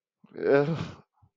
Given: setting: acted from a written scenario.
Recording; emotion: vocal sound without words; guilt